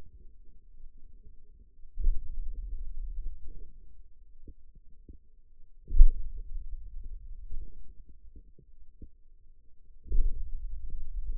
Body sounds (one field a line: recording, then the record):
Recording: forearm muscle sounds (acoustic myography)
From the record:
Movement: hand opening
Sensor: system 2, bracelet of six BSWA MPA416 microphones around the upper forearm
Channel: 3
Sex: male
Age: 22 years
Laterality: right